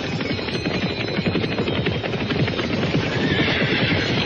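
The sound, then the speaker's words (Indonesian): Soldiers' horses near a riverbank neigh over a steady patter of clopping hooves, the whinnies rising high and bright above a dense, continuous rumble of movement with no speech. “Dan ketika para prajurit Kediri ini mulai mendekati tepian sungai, mereka pun segera meninggalkan kuda mereka masing-masing.”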